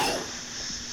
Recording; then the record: coughing mixed with background sound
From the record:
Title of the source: Coughing 77